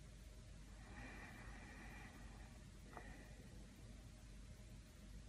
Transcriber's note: yogic breathing